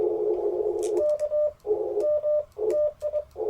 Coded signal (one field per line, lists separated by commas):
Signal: Morse code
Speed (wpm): 20 wpm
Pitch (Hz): 600 Hz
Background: radio noise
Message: K M TI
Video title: Morning Morse Code at Chewacla State Park K-1038 - 11/13/23